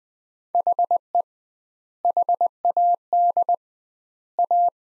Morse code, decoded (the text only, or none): HE HAD A